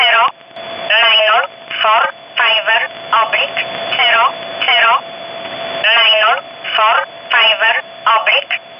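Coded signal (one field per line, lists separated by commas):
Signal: numbers station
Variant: E11 Oblique, English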